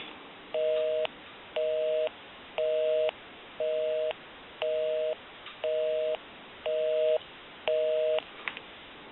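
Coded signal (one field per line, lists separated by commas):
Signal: telephone call progress tone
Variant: North America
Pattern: busy tone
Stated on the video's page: Tones from an ITT 554 rotary wall telephone during initial checkout and repair.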